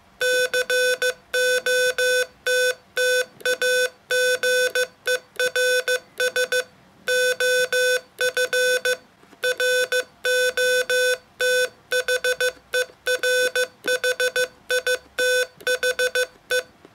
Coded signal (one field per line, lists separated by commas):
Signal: Morse code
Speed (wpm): 15 wpm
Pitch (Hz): 500 Hz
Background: none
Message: COTTAGERS OF ROTHERHITHE